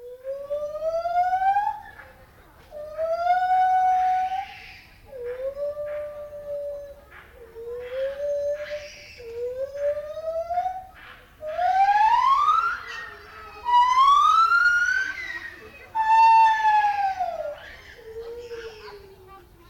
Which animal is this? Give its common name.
Lar Gibbon